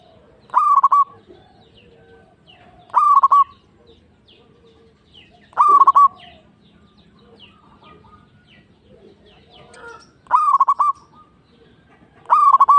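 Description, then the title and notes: Zebra dove song, short bursts of rapid cooing notes with a held ending, repeated every two to five seconds, with faint other bird notes in the gaps. Local zebra dove. "Kicau Perkutut Lokal. Kicau Burung Perkutut"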